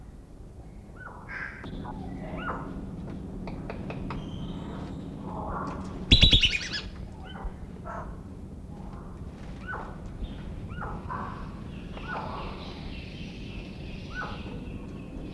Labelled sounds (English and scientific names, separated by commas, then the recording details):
Wandering Whistling Duck (Dendrocygna arcuata) call
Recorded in captivity
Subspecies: australis
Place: Wilhelma Stuttgart, Baden-Württemberg, DE
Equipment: Halbspur, 9,5 cm/s
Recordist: Lütgens, Hans